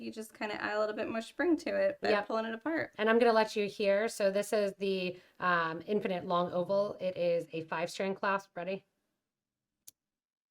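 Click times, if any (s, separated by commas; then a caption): 9.9 s. Someone talks for most of the clip, then the two halves of a five-strand metal "infinite long oval" jewelry clasp are pushed together. After a short silence, they snap shut with a single sharp click at 9.9 s, a sign the clasp is secure.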